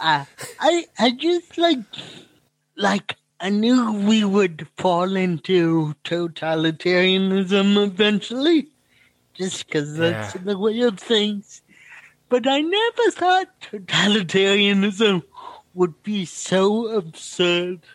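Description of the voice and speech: An adult man speaks slowly and effortfully, with drawn-out sounds, devoiced consonants and pauses: dysarthria from cerebral palsy.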